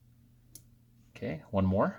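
A tool is inserted under a thin metal retaining tab at the 11 o'clock position on a digital watch module frame and gently pried toward the worker. A single sharp click is heard at 0.6 s as the tab releases. Someone then talks.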